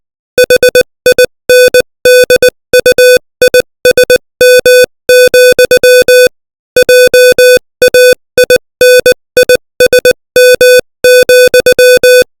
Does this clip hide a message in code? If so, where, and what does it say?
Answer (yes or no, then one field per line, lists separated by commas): yes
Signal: Morse code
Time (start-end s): 0.4-12.2 s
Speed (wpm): 20 wpm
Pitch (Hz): 500 Hz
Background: music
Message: HINDUISM, JAINISM,